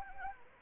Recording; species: mosquito wingbeat signal from an infrared sensor; Anopheles arabiensis